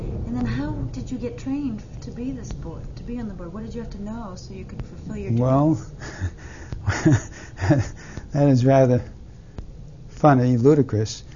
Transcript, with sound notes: And then how did you get trained to be this board, to be on the board? What did you have to know so you could fulfill your duties? (he laughs)
that is rather funny, ludicrous.